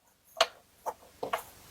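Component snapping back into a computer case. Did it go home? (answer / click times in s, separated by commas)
yes / 0.4 s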